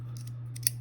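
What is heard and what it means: The sliding blade carrier of a small titanium pocket utility knife is pushed out of its locked position, and the blade drops back into the closed position. Faint ticks near 0.2 and 0.3 s lead into sharp metallic clicks at 0.6 s and 0.7 s, the second the loudest, over a steady low hum. The blade lock is released and the blade drops closed.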